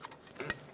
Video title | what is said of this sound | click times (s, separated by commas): How to Replace Upstream O2 Oxygen Sensor 2000-2007 Ford Focus | push until you hear a click if you don't hear a click give it a pull make sure it's locked on and you're good to go | 0.5 s